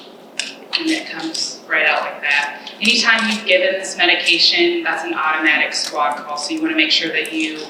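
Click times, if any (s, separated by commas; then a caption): 0.4 s. After its blue safety cap is removed, an epinephrine auto-injector trainer is pressed at a ninety-degree angle against the outer thigh and gives a sharp click at 0.4 s as its mechanism fires. Someone talks throughout the rest of the clip.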